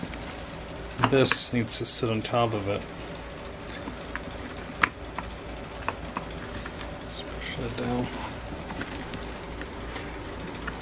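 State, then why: Not seated. During reassembly of a Craftsman 358.351580 chainsaw, someone talks while a part is handled and pressed down so it will sit on top of its mating piece. Soft taps and small handling ticks follow, including a sharp tick near 4.8 s, over a steady low hum. Nothing has seated or clicked into place yet.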